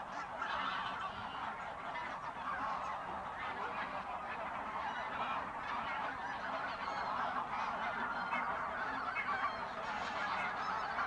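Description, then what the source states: Goose flock honking nonstop, many overlapping nasal calls merging into a steady, busy wall of sound. Birds in a renaturalised area at Polder Glies, Sellstedt, Germany, 9 November 2020; binaural ORTF pair of t.bone SC 140 microphones with Rycote windjammer, TASCAM DR100 MK3 recorder.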